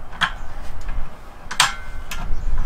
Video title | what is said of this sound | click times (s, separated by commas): How to wall install a Lagun Table Mounting Kit. | and locks into place that looks | 1.6 s